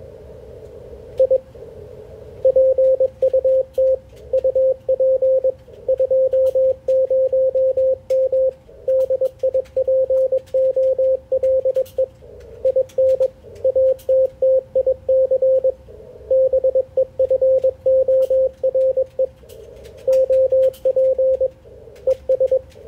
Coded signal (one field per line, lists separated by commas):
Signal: Morse code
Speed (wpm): 21 wpm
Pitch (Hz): 520 Hz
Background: radio noise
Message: I PUT UP 20M DIPOLE IN ATTIC BEFORE OP ES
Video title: Ham Radio Code Practice - OTs "air-it-out" in HF ragchew